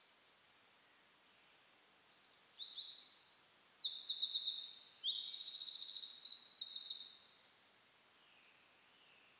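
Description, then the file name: Eurasian wren delivering one vigorous, high song of rapid trills and chattering runs lasting about five seconds, with a couple of faint high notes before and after. "Troglodytes troglodytes"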